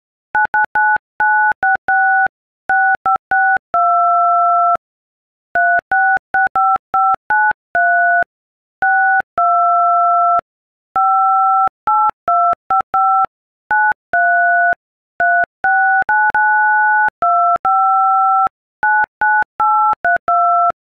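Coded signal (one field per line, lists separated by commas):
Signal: DTMF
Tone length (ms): 280 ms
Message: 999966 6562 3665593 62 58255 93 3692599832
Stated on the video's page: DTMF tones from an iPhone keypad playing an Adele song.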